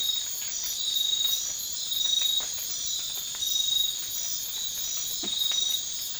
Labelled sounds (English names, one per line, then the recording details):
none
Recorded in dense forest near Puerto Asís, Putumayo, Colombia, on 12 March 2025 at 03:00
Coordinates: 0.500, -76.322
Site GP06